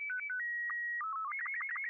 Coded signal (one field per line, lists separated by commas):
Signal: SSTV (slow-scan television)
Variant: Robot 36